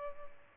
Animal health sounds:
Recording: mosquito wingbeat signal from an infrared sensor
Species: Aedes albopictus

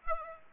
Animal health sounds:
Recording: mosquito wingbeat signal from an infrared sensor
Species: Aedes aegypti

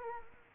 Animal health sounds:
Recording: mosquito wingbeat signal from an infrared sensor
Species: Culex quinquefasciatus

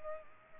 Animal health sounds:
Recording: mosquito wingbeat signal from an infrared sensor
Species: Culex pipiens

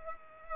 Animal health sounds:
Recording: mosquito wingbeat signal from an infrared sensor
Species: Culex pipiens

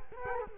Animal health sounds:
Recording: mosquito wingbeat signal from an infrared sensor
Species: Culex quinquefasciatus

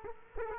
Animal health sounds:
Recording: mosquito wingbeat signal from an infrared sensor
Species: Culex quinquefasciatus

